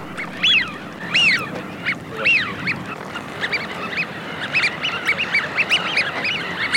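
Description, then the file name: Eurasian wigeon whistles, a few strong drawn-out rising-falling notes at first, then a quicker run of shorter whistles, over steady hiss. Wigeon calls for use as a hunting lure. "Свиязь Fischione"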